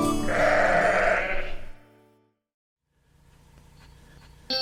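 A single loud, wavering sheep bleat with a bright, nasal tone fades out, followed by a pause and then soft low background noise.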